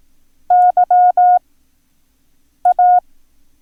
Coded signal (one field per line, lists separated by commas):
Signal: Morse code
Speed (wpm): 18 wpm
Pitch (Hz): 720 Hz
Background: none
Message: YA